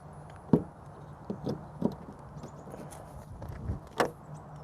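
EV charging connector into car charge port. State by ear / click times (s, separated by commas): seated / 4.0 s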